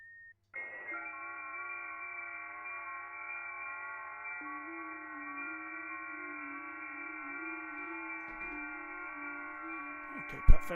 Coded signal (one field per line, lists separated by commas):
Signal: FT8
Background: speech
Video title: Ham Radio (LIVESTREAM) hunting Europe on wsjtx